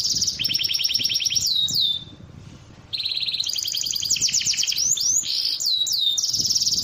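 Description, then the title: Bird singing in rapid high trills with slurred whistles, a brief pause near two seconds, then fast chattering phrases resume. Compilation ('masteran') of bird songs. "Masteran burung terlengkap"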